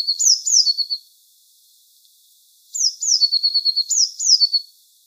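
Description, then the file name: Eurasian blue tit calls: two high sliding notes with a short trill, a pause, then a longer run of sliding notes and trills. "Cyanistes caeruleus"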